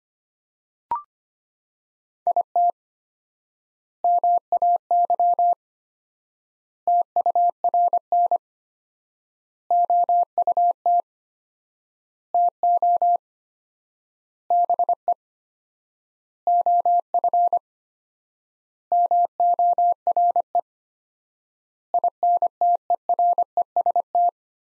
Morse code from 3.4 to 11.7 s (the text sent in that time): MAY TURN OUT